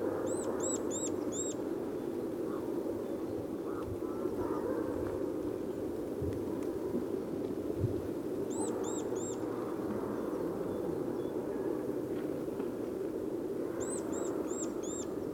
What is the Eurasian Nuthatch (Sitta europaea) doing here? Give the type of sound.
call